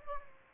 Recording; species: mosquito wingbeat signal from an infrared sensor; Aedes aegypti